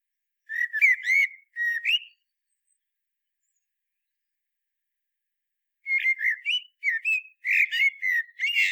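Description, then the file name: Common blackbird song: two short mellow whistled phrases, a quiet gap of several seconds, then a longer run of fluting notes with thin high squeaks mixed in. "Turdus merula"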